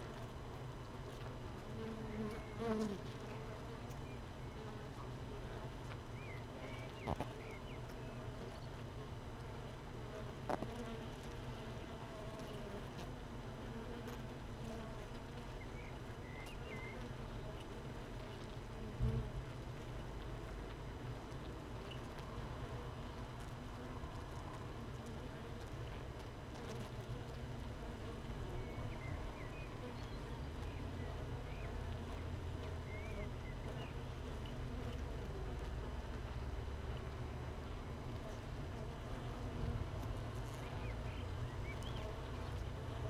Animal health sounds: honeybee colony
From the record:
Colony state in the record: missing queen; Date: 31 May 2018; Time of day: 15:45

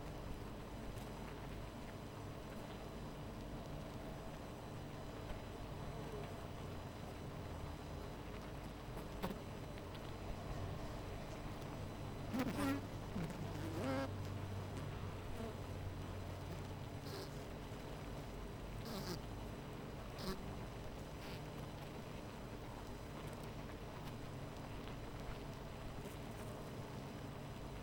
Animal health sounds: honeybee colony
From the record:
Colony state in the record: missing queen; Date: 14 July 2017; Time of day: 13:28

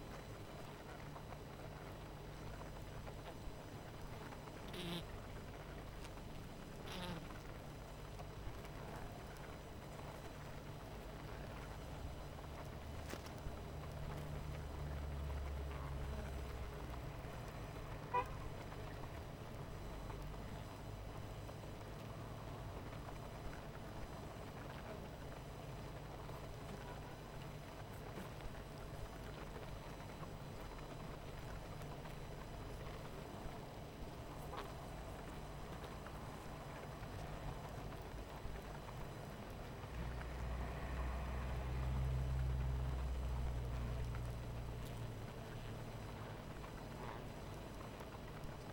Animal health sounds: honeybee colony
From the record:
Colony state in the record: missing queen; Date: 14 July 2017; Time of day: 18:36

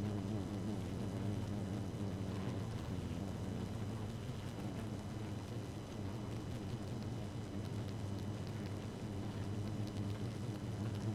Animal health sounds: honeybee colony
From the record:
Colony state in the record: active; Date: 12 June 2018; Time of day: 0:19

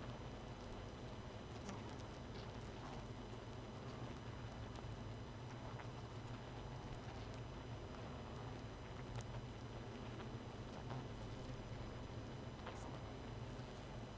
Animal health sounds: honeybee colony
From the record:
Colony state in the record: missing queen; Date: 31 May 2018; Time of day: 1:19

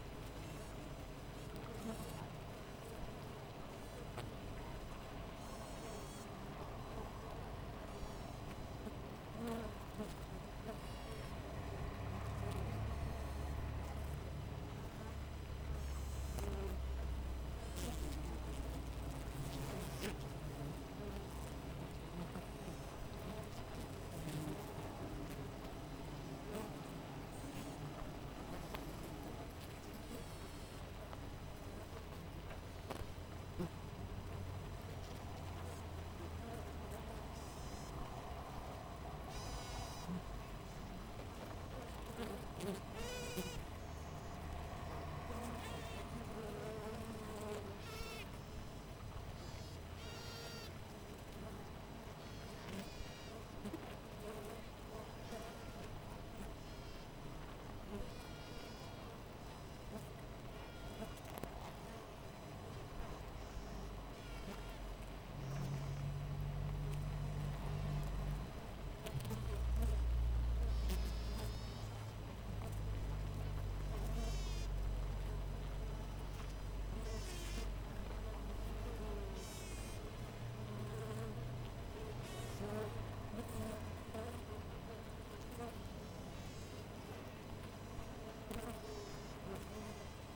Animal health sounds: honeybee colony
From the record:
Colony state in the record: missing queen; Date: 14 July 2017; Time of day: 6:20

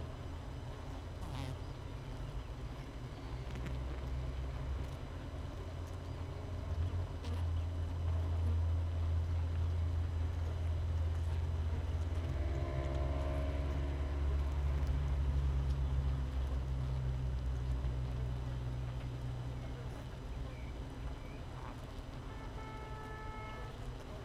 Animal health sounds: honeybee colony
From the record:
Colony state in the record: missing queen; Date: 31 May 2018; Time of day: 6:53

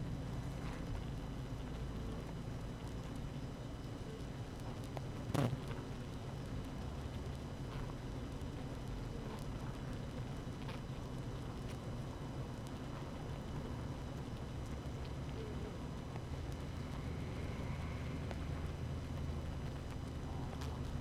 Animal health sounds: honeybee colony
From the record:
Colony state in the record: active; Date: 12 June 2018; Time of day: 6:48

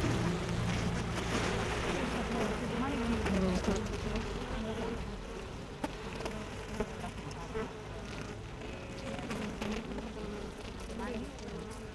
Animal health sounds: honeybee colony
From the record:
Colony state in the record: active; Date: 12 June 2018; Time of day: 7:55

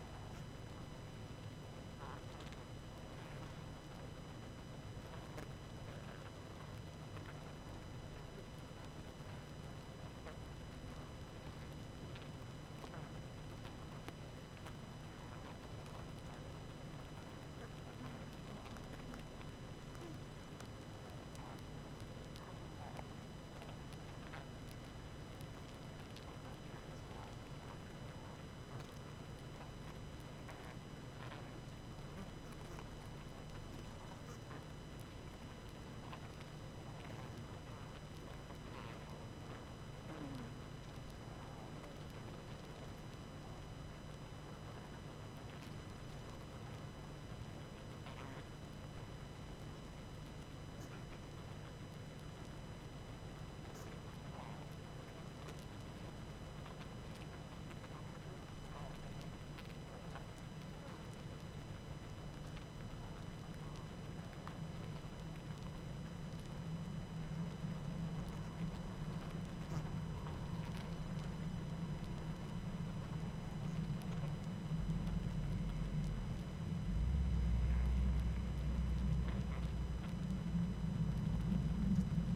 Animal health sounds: honeybee colony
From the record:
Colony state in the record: active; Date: 12 June 2018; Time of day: 20:12

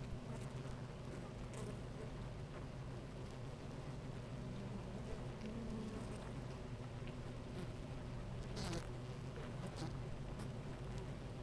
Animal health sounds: honeybee colony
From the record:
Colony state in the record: active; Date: 28 July 2017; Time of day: 10:22

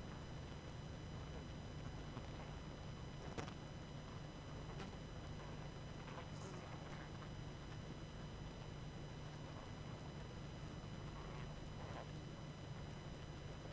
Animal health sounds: honeybee colony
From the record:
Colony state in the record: active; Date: 12 June 2018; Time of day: 21:48

